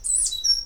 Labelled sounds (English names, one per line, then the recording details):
Stitchbird song
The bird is a male
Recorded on Tiritiri Matangi Island, New Zealand, in 2005
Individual 8, of nest box 10